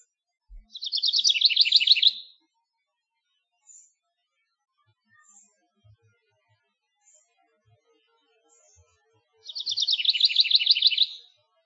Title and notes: A tiny house wren, singing his heart out in search of a mate.